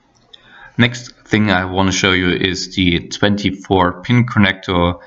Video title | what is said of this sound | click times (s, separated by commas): How to build a Mining Rig - Part 2 - Setting it up! | and it should make a little click sound, and then you're done with it. | 0.3 s